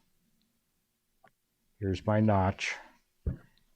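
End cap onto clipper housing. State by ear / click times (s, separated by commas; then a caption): not seated / none. A plastic end cap is being positioned on a clipper housing, its notch lined up with the notch in the side of the housing before it is pushed home. Someone talks, and faint handling taps are heard around 1.3 s, 3.3 s and 3.6 s. The cap has not snapped or seated yet.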